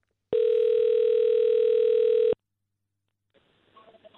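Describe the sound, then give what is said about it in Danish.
A single steady, mid-pitched telephone ringing tone sounds for about two seconds on an outgoing call to ambassador Tom Nøring, then cuts off into silence before faint line noise begins. “Så jeg ringede ned til ambassadøren, Tom Nøring,”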